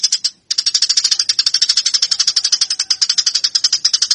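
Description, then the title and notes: Eurasian tree sparrow fighting call: a short burst, a brief pause, then a long, steady rattle of quick shrill chirps. Fighting (tarung) sparrow sound used to train birds; Indonesian name burung gereja. "MASTER GEREJA TARUNG 1. burung gereja"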